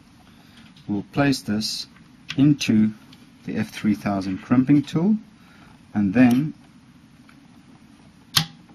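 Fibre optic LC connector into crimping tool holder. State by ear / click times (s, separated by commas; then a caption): seated / 8.4 s. Someone talks as a keyed LC fibre-optic splice-on connector for the Furukawa Fitel S153 F3000 termination system is placed into the F3000 crimping tool holder and pushed in. A single sharp click at 8.4 s marks the connector seating in place, sounding slightly odd because of the table it rests on.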